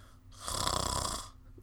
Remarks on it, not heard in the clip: Like a real snore, the way I figure, like a snore is like this. This is the way I think a snore should sound. Yeah, normal, right?